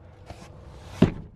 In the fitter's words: And that one went together, which was good.